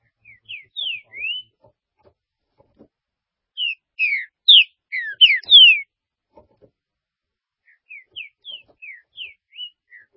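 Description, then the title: Green-winged saltator song: soft whistles, then a loud burst of slurred notes, followed by softer whistled notes. "Trinca Ferro"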